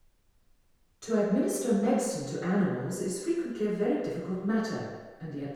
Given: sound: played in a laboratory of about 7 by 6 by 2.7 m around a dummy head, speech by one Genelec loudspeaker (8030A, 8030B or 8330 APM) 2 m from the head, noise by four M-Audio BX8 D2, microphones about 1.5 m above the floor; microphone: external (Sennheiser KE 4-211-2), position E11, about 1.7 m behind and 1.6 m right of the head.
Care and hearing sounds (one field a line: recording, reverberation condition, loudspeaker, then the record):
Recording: female speech in English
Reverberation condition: high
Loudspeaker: 30 degrees to the left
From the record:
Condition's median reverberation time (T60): about 1300 ms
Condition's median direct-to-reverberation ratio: about -4.0 dB